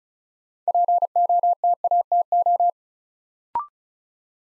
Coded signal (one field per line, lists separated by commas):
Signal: Morse code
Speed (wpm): 36 wpm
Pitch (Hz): 700 Hz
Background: none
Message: POTATO